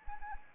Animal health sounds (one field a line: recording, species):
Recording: mosquito wingbeat signal from an infrared sensor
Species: Anopheles arabiensis